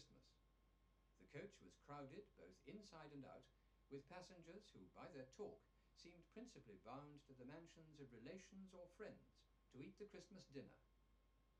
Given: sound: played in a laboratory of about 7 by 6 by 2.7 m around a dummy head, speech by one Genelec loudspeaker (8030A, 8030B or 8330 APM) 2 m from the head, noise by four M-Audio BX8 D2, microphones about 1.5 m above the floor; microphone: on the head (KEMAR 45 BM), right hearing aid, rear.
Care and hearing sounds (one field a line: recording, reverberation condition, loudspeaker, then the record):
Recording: male speech in English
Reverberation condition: low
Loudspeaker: in front (0 degrees)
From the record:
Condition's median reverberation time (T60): about 310 ms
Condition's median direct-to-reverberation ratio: about 3.5 dB